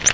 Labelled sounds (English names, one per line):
Virginia's Warbler flight call